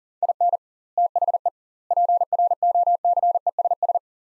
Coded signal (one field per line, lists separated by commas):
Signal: Morse code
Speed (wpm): 40 wpm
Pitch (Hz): 700 Hz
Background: none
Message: IN THE PROCESS